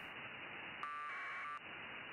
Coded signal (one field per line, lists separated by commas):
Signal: packet radio (AX.25, as in APRS)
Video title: Ham Radio K1GMM-MFJ Matchmaker Demo/Antenna Discussion with N8SDR!